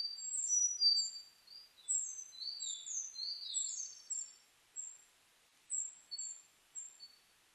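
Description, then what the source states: Birds singing: high, thin phrases of quick downslurred whistles, some overlapping, with short pauses between bursts. Recorded on 29 May 2004.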